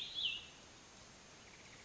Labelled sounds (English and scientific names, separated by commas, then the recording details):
Cassin's Vireo (Vireo cassinii)
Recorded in Sonoma County, California